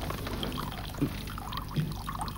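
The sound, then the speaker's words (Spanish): Water pours into a glass in a steady, soft stream lasting a couple of seconds, with a few brief gurgles and splashes along the way and no voices. “¿Agua?”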